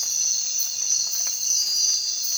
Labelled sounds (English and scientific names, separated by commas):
none